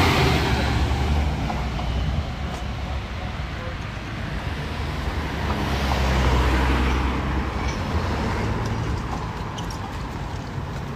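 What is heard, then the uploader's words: City street sounds from Ramat Aviv in Tel Aviv, with a steady low rumble of passing traffic throughout. The noise swells around six seconds as a vehicle goes by, and faint voices and small clicks surface now and then over the constant hum. Tel Aviv City Sounds.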